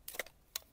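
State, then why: Seated. The plastic cutting head of a cordless telescopic pole pruner, its chain already tensioned, is pushed onto the motor section. A few light plastic knocks at about 0.1, 0.2 and 0.3 seconds are followed by a sharp click at 0.6 seconds as the head snaps into place and is seated.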